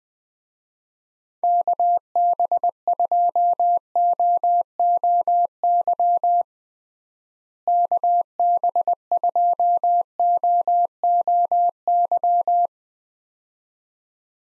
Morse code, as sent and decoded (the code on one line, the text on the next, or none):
-.- -... ..--- --- --- -.-- / -.- -... ..--- --- --- -.--
KB2OOY KB2OOY